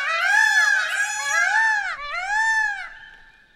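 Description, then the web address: Peafowl cries: three loud, wailing, harmonic calls that rise and fall in arcs, the last fading away, over an otherwise quiet background. Three peacock cries against a traffic-free background. "Hollywood Edge Historical Series. Traffic Free BG's. Peacocks Cry X 3 Bird"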